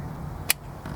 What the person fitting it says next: and you can hear it click